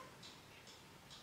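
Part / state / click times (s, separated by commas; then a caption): plastic wings into a toy doll's back / not seated / none. Plastic wings are pushed against a toy doll's back, making three faint, brief, hissy scrapes around 0.2, 0.7 and 1.1 seconds over a low steady background. The wings do not go in, and nothing has clicked or seated.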